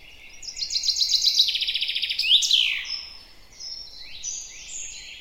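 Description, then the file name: Common chaffinch song: a fast, bright trill of repeated notes descending in steps and ending in a sharp flourish, followed by scattered high notes. "Fringilla coelebs"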